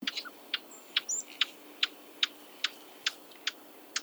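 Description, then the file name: Eurasian blackcap calls: hard, dry tack notes repeated roughly twice a second, with a few faint higher chirps. "Sylvia atricapilla"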